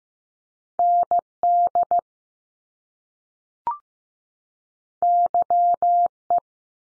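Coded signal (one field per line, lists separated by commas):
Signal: Morse code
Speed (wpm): 15 wpm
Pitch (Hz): 700 Hz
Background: none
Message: ND YE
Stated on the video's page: Morse practice at 15 wpm: top two-letter combinations found in words, each sent, spoken after a slight pause, then sent again.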